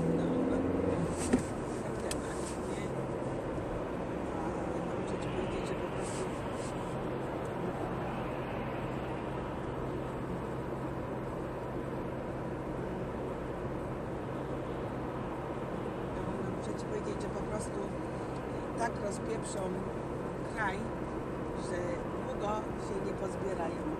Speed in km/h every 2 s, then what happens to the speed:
59, 59, 59, 58, 59, 59, 59, 59, 59, 59, 59, 60.
0-24 steady at about 59.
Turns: none.